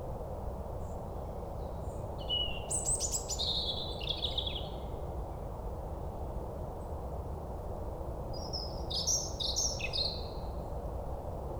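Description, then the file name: European robin giving two separate high, twittering warbled phrases, one early and one near the end, with a constant low roar of background noise. "Erithacus rubecula"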